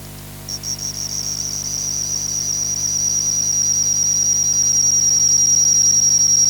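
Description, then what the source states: Kuma-suzumushi cricket song: a steady, very high-pitched continuous trill that begins with a few separate pulses and then grows gradually louder throughout. Recorded 18 October 2014.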